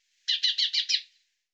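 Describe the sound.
Bird giving one quick burst of five pulsed, scratchy chirps lasting under a second, with no other sounds.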